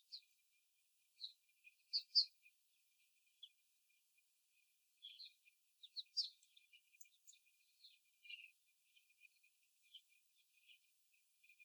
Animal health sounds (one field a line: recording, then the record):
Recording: young laying hens in a cage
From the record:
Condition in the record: before the stressor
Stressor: simulated dog barking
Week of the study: 4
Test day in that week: 2